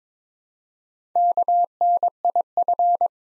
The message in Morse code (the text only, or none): KNIF